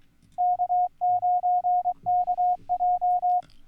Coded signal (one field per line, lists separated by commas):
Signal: Morse code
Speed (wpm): 23 wpm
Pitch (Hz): 720 Hz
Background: none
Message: K9KJ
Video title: Countdown to November Sweepstakes - CW / Morse Code 2023